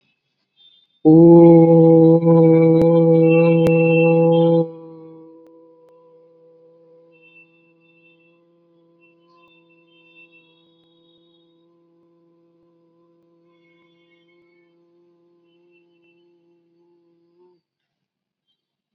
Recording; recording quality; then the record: sustained vowel as in boot; moderate, slight background noise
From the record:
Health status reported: COVID-19 positive, moderate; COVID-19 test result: positive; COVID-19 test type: RT-PCR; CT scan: not taken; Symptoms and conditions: cough, fever, fatigue, muscle pain, loss of smell and taste, diabetes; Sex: male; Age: 39 years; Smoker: no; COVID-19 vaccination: both doses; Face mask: not worn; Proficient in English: no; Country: India